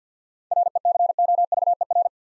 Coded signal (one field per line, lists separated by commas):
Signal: Morse code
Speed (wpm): 52 wpm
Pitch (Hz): 700 Hz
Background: none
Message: RECOVER